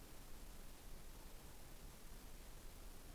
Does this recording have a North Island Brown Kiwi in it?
no